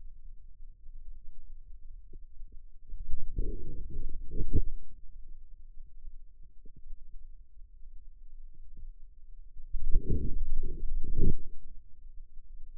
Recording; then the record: forearm muscle sounds (acoustic myography)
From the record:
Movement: outward rotation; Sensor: system 2, bracelet of six BSWA MPA416 microphones around the upper forearm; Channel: 5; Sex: male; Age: 22 years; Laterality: right